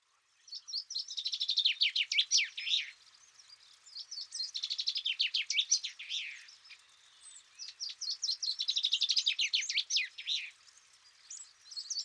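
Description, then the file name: Common chaffinch singing three energetic phrases, each a fast run of chipping notes tumbling downward into a final flourish, with another phrase starting at the end. "Fringilla coelebs"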